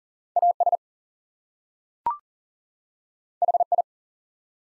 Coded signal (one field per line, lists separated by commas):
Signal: Morse code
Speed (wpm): 40 wpm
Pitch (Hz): 700 Hz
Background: none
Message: AS HI